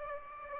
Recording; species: mosquito wingbeat signal from an infrared sensor; Aedes aegypti